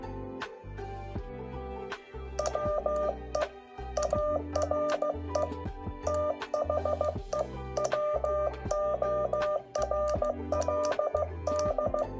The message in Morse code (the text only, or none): WE ARE THE WORLD